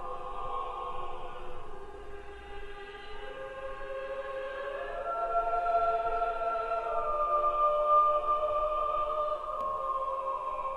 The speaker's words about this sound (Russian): Ну, вам остается поверить, что это идеально, потому что качество звучания подобно, как вроде бы на телефоне слушать. Ну что, хорошо, достаточно. И если мы анализируем звучание этого хора, то мы, ну, можем видеть, как правило хороведения можно